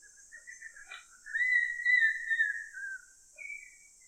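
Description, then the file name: Stork-billed kingfisher giving a long, drawn-out whistled note that holds steady before sliding down, with shorter whistles around it. "Stork billed Kingfisher Pelargopsis capensis"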